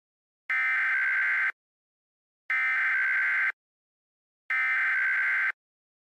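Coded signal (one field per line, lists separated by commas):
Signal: Emergency Alert System (SAME) tones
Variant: header bursts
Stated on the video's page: Fictional EAS scenario about a Kentucky coal mine fire.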